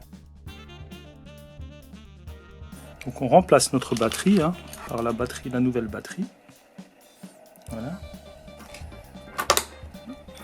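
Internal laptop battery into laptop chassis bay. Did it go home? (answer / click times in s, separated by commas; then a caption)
yes / 9.5 s. A new internal battery for an ASUS laptop is pressed into its bay in the laptop chassis, replacing the old one. Someone talks over background music, and then a sharp click at 9.5 s marks the battery clipping into place.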